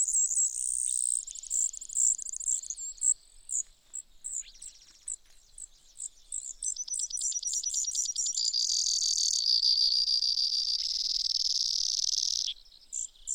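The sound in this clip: Brewer's sparrow, long high song made of alternating trills, chips and buzzes of shifting pitch, running almost continuously.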